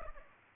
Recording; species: mosquito wingbeat signal from an infrared sensor; Culex pipiens